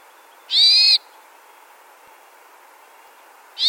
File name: Hermit Thrush